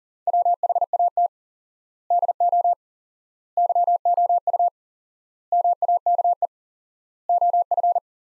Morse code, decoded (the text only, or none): WHAT DO YOU MAKE OF